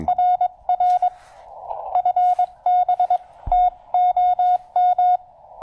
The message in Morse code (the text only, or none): RR FB TOM